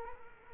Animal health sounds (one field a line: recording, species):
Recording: mosquito wingbeat signal from an infrared sensor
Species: Culex quinquefasciatus